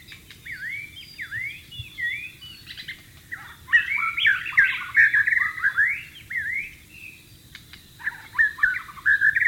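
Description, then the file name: White-rumped shama song with repeated upslurred whistles, then a louder burst of rapid warbled and chattering notes, continuing in varied phrases to the end. Wild bird recorded in its natural habitat. "suara burung murai batu di alam liar"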